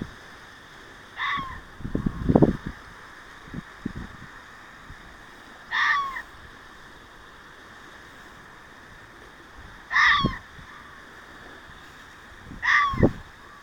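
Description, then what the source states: Fox calling four times, each a brief harsh yelp several seconds apart, with low knocking sounds near the start. Recorded 6 June 2024.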